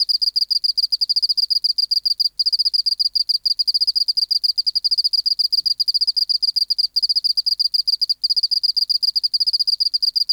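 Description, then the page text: Oceanic field cricket song of rapid high pulses, long trains interrupted by occasional brief gaps, steady and unvarying pitch throughout. Recorded in the BMNH Acoustic Laboratory, 19 March 1984, 11:15 local time, at 24 °C and 30% humidity, still air, dim light. "412:14 Teleogryllus oceanicus (514r2). BioAcoustica. Natural History Museum Sound Archive. Recording Location: BMNH Acoustic Laboratory Recorded by: W. J. Reynolds Date Recorded: Mandag, marts 19, 1984 Local time: 1115"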